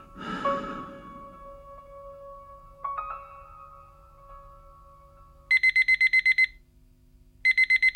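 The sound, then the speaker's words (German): An alarm clock goes off at eight o'clock with rapid, high-pitched electronic beeps in two loud bursts separated by a short pause, following a breathy sigh and a soft steady tone. “Acht Uhr. Der Wecker läutet.”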